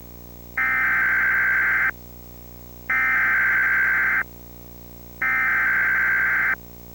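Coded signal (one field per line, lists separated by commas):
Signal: Emergency Alert System (SAME) tones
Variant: header bursts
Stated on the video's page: Real severe thunderstorm warning relayed by Comcast cable EAS, personally recorded during a TV evening newscast.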